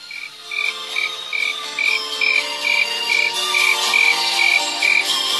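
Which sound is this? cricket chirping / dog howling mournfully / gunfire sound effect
cricket chirping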